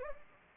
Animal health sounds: mosquito wingbeat signal from an infrared sensor; Anopheles gambiae

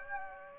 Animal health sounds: mosquito wingbeat signal from an infrared sensor; Aedes aegypti

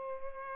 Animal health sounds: mosquito wingbeat signal from an infrared sensor; Culex pipiens

